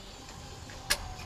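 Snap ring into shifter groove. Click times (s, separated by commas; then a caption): 0.9 s. A metal snap ring is pressed into its groove on an AE86 T3 shifter assembly during a rebuild, using ordinary pliers rather than snap ring pliers. Over a quiet background hiss, a single sharp, bright snap sounds at 0.9 s. The ring seats and locks in place in the groove.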